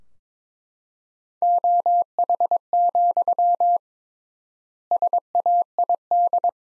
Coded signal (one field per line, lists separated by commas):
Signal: Morse code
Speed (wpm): 21 wpm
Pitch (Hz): 700 Hz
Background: none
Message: OH, SAID